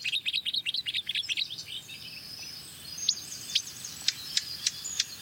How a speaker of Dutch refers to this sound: Zwartkopalarm.